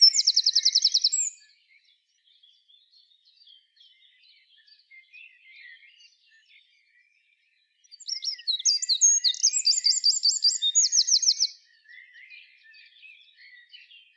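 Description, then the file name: Eurasian wren: a song's trilled ending, then soft scattered chirps, then another loud, fast, high warbling burst with a fast trill lasting nearly four seconds. "Troglodytes troglodytes"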